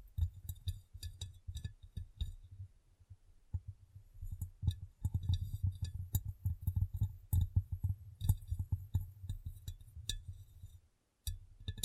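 Fingers tap and clean a glass surface in quick, irregular bursts of light knocks. Each tap lands with a dull low thud and a faint bright click, clustering densely through most of the twelve seconds. Near the end the tapping briefly stops, then resumes.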